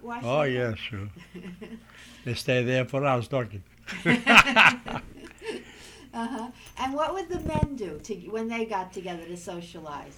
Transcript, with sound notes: Oh, yeah, sure. They stay there for hours talking. (they laugh)
And what would the men do, when they got together, to socialize.